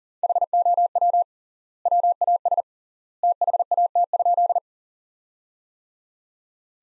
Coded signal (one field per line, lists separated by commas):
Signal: Morse code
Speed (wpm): 40 wpm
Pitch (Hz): 700 Hz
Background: none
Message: HOW WAS THAT?